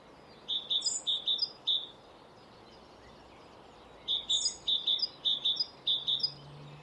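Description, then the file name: Great tit giving bright, high two-note phrases in a quick run, a pause of about two seconds, then a second longer series, over steady background hiss. "Parus major"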